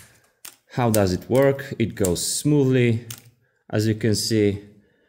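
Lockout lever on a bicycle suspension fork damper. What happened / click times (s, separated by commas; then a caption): Lever handled by hand; one brief tick early, otherwise talk, no clear seating / none. The lockout lever on a RockShox (Judy, Recon, 30) suspension fork damper is worked by hand to test it after the damper side has been sanded. Someone talks throughout as the lever moves smoothly. Nothing has clicked or seated yet by the end.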